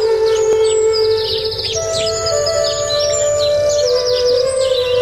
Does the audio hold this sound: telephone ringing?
no